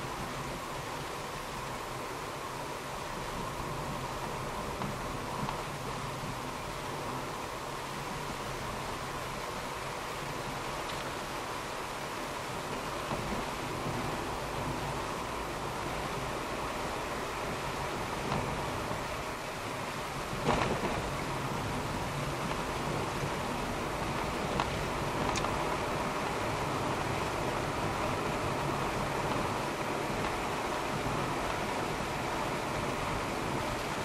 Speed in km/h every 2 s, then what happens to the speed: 50, 50, 50, 49, 50, 51, 52, 56, 59, 61, 59, 59, 63, 66, 69, 71, 70.
0-12 steady at about 50. 12-17 speeds up to 61. 17-22 steady at about 59. 22-30 speeds up to 71.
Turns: none.